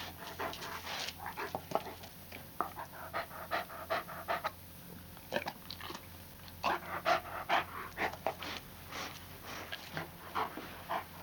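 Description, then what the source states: Dog panting in quick, breathy bursts of uneven rhythm over low background hiss. Panting with some whining.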